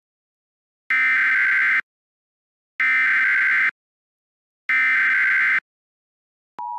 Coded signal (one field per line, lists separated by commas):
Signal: Emergency Alert System (SAME) tones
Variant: header bursts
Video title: EAS MOCK Shelter In-Place Warning for Porter County (Valpo) Made by EASyPLUS